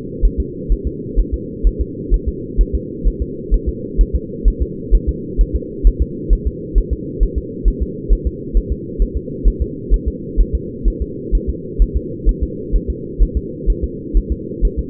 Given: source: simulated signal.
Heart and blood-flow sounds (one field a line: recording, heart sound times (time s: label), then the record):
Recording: fetal heart sounds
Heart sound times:
0.25 s: S1
0.40 s: S2
0.72 s: S1
0.87 s: S2
1.20 s: S1
1.34 s: S2
1.67 s: S1
1.81 s: S2
2.14 s: S1
2.29 s: S2
2.61 s: S1
2.75 s: S2
3.07 s: S1
3.22 s: S2
3.54 s: S1
3.69 s: S2
4.01 s: S1
4.16 s: S2
4.48 s: S1
4.62 s: S2
4.95 s: S1
5.09 s: S2
5.41 s: S1
5.56 s: S2
5.87 s: S1
6.02 s: S2
6.33 s: S1
6.47 s: S2
6.78 s: S1
6.93 s: S2
7.23 s: S1
7.38 s: S2
7.68 s: S1
7.83 s: S2
8.12 s: S1
8.27 s: S2
8.57 s: S1
8.72 s: S2
9.02 s: S1
9.17 s: S2
9.48 s: S1
9.62 s: S2
9.94 s: S1
10.08 s: S2
10.41 s: S1
10.55 s: S2
10.88 s: S1
11.02 s: S2
11.35 s: S1
11.50 s: S2
11.82 s: S1
11.97 s: S2
12.29 s: S1
12.43 s: S2
12.76 s: S1
12.90 s: S2
13.22 s: S1
13.37 s: S2
13.70 s: S1
13.84 s: S2
14.17 s: S1
14.32 s: S2
14.65 s: S1
14.79 s: S2
From the record:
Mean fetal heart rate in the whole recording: 130 bpm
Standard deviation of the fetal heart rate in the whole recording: 2 bpm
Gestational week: 36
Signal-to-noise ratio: -4.1 dB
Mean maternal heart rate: no maternal heart sound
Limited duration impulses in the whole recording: absent